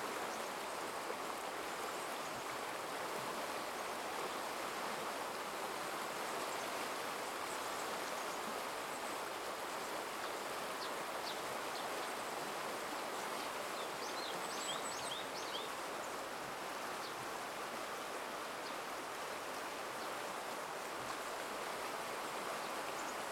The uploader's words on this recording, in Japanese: 雨上がりの朝のせせらぎとさえずり。雨上がりの朝、草木のしずくに触れないように気をつけて、いつもの多摩川へ。多摩川で録ったアンビエント（環境音）。